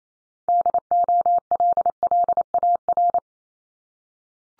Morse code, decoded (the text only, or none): DOLLAR